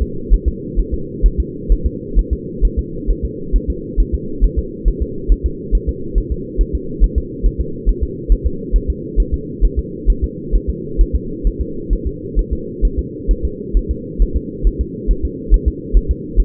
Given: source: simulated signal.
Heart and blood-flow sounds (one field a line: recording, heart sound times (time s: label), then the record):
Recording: fetal heart sounds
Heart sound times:
0.02 s: S2
0.34 s: S1
0.48 s: S2
0.80 s: S1
0.94 s: S2
1.26 s: S1
1.40 s: S2
1.72 s: S1
1.86 s: S2
2.19 s: S1
2.33 s: S2
2.65 s: S1
2.79 s: S2
3.10 s: S1
3.25 s: S2
3.56 s: S1
3.70 s: S2
4.00 s: S1
4.14 s: S2
4.44 s: S1
4.59 s: S2
4.88 s: S1
5.02 s: S2
5.32 s: S1
5.46 s: S2
5.75 s: S1
5.89 s: S2
6.18 s: S1
6.32 s: S2
6.61 s: S1
6.75 s: S2
7.04 s: S1
7.18 s: S2
7.46 s: S1
7.61 s: S2
7.89 s: S1
8.03 s: S2
8.32 s: S1
8.46 s: S2
8.76 s: S1
8.90 s: S2
9.20 s: S1
9.34 s: S2
9.65 s: S1
9.79 s: S2
10.10 s: S1
10.24 s: S2
10.55 s: S1
10.70 s: S2
11.01 s: S1
11.16 s: S2
11.47 s: S1
11.61 s: S2
11.93 s: S1
12.07 s: S2
12.39 s: S1
12.53 s: S2
12.85 s: S1
12.99 s: S2
13.31 s: S1
13.45 s: S2
13.77 s: S1
13.91 s: S2
14.22 s: S1
14.36 s: S2
14.67 s: S1
14.81 s: S2
15.11 s: S1
15.25 s: S2
15.54 s: S1
15.68 s: S2
15.97 s: S1
16.11 s: S2
16.40 s: S1
From the record:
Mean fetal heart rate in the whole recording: 135 bpm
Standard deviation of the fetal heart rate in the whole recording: 3 bpm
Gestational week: 36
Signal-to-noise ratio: -4.3 dB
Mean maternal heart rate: 72 bpm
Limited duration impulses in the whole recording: present